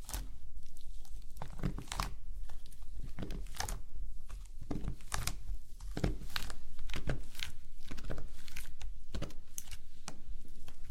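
Slime being squeezed and worked, with a dense run of wet crackles and crinkly pops that flare up every second or so. Sharp bursts bunch together around two, five and seven seconds, over a steady low rumble that briefly dips near four.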